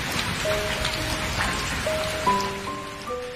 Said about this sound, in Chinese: 我这条音乐是为了，如果有一天直播是下雨天的话，大家可以感觉到在直播间也有雨声。